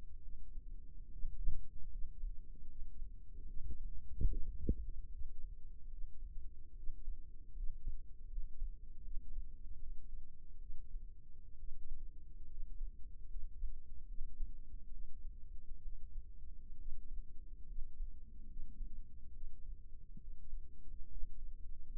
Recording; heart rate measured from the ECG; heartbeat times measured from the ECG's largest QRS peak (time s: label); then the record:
heart sounds by microphone in the left ear; 72 bpm
0.23 s: heartbeat
1.13 s: heartbeat
1.92 s: heartbeat
2.70 s: heartbeat
3.48 s: heartbeat
4.31 s: heartbeat
5.13 s: heartbeat
5.92 s: heartbeat
6.77 s: heartbeat
7.57 s: heartbeat
8.32 s: heartbeat
9.05 s: heartbeat
9.80 s: heartbeat
10.62 s: heartbeat
11.60 s: heartbeat
12.50 s: heartbeat
13.31 s: heartbeat
14.09 s: heartbeat
14.92 s: heartbeat
15.83 s: heartbeat
16.79 s: heartbeat
17.69 s: heartbeat
18.50 s: heartbeat
19.34 s: heartbeat
20.21 s: heartbeat
21.11 s: heartbeat
21.93 s: heartbeat
From the record:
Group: healthy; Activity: rest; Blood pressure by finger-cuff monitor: 93/61 mmHg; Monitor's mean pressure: 72 mmHg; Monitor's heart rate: 72 bpm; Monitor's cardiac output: 6.6 L/min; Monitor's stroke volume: 90 mL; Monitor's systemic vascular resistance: 790 dyn s/cm5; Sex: male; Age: 22 years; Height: 181 cm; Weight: 79 kg